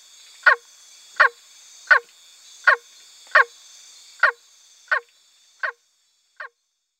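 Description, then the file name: Milk frog calling: a series of rough, nasal croaks spaced under a second apart that fade out toward the end, with a high drone behind that stops partway. "Phrynohyas sp"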